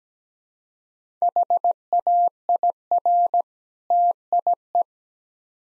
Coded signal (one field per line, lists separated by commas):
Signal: Morse code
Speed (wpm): 17 wpm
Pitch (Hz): 700 Hz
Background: none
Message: HAIR TIE